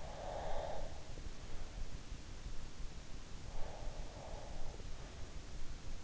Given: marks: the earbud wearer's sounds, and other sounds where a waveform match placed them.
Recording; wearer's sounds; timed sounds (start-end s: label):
sounds in sleep by an in-ear microphone; breath
0.03-1.65 s: breath
3.47-4.76 s: breath